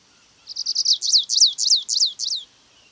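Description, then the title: Stripe-tailed yellow finch song: a short run of buzzy, clipped notes flowing into a string of high, down-slurred chirps, lasting about two seconds over a quiet background. Subspecies Sicalis citrina citrina. "LuckyPassaro Completos2Sama. Stripe-tailed Yellow Finch"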